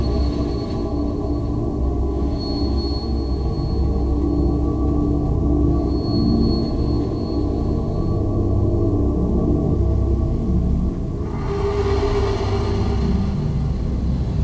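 Rubbing on an overturned bass drum makes a dense, steady low rumble with a resonant, gong-like hum under sustained synthetic pads. Thin high whistling tones drift in around two and six seconds, and a brighter scraping texture enters near the eleven-second mark.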